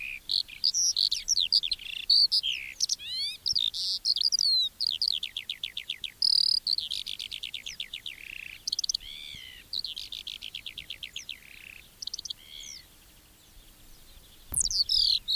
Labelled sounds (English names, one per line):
Eurasian Skylark song